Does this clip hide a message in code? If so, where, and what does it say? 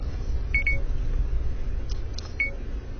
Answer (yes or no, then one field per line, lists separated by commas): no